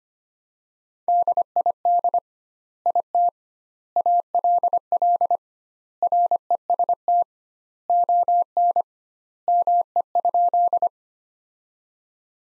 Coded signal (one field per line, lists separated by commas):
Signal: Morse code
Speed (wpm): 25 wpm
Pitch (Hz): 700 Hz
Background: none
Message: DID IT ALL REST ON ME?